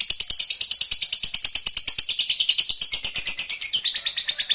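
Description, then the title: Lovebird song, a rapid high-pitched twitter of many short, buzzy notes packed tightly together and carrying on without a break. "Suara Lovebird"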